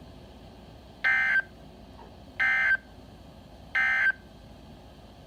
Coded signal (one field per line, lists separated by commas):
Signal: Emergency Alert System (SAME) tones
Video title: Early Alerts of mine (EAS #11-20)